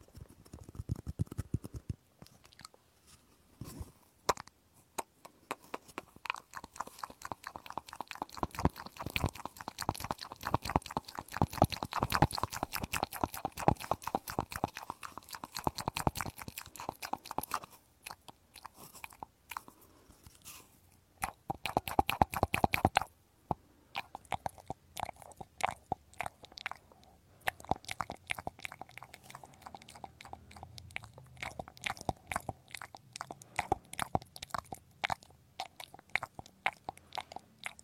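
Ear cleaning with dense, rapid crackling and scratching clicks that run almost continuously, swelling into thick bursts around 10–16 seconds and again near 22 seconds. After a short lull the clicks return sparser and softer, with brief pauses between clusters.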